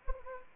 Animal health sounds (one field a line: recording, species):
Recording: mosquito wingbeat signal from an infrared sensor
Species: Anopheles arabiensis